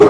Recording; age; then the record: pig call; growing-finishing pig (85 days or more)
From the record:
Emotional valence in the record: positive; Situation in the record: run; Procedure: transit